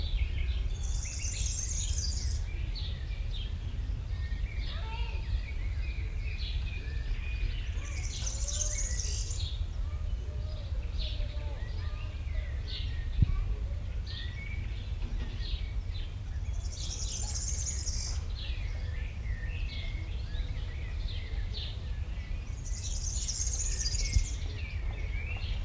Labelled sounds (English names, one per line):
European Serin song